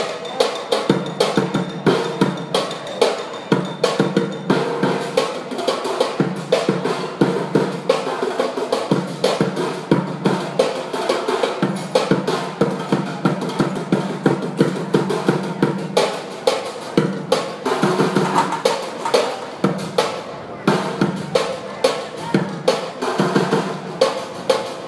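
A street percussionist plays a fast, steady run of sharp hits that continues without pause for the whole stretch, with bright crisp attacks over a warm, low drum tone. Faint voices from the open-air surroundings blend in beneath the beat.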